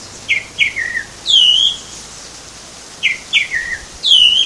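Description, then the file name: Tropical mockingbird singing a repeated phrase twice: two short whistled notes, a falling slur, then a longer arched whistle, about three seconds apart. Recorded at Baby Beach, Aruba, on 21 November 2013. "Mimus-gilvus-Baby Beach-Aruba. ASilveira"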